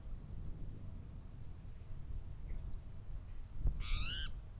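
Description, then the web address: Spotted towhee calling once near the end with a harsh, wavering, nasal mew, a brief click just before, over constant low rumble. "lbrc spto dobbs"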